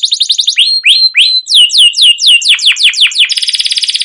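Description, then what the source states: Canary song: rapid chips, then repeated swooping down-slurred whistles, closing with a fast buzzy trill. Canary giving a long, energetic rolling chirping song (masteran) used to prompt other canaries to sing.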